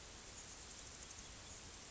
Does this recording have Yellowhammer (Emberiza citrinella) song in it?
no